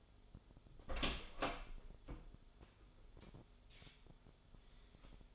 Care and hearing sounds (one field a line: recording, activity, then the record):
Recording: daily activity, microphone in the room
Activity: open door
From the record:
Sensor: 5